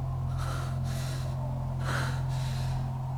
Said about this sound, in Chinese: 他拼命地喘息，他们的脸一下子清晰地浮现在他脑海里。